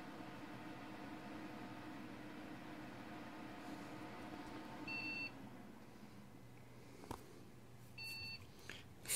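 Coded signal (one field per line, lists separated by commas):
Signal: beep code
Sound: three quick high beeps over steady fan hum, then a brief second beep burst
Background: fan noise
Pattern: 3 short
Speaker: three short beeps okay i look it up online and it's a hardware thing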